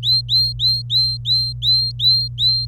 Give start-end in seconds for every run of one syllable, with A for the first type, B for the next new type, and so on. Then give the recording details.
0.03-2.65 A. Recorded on 26 April 2018 at 11:54. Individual llb3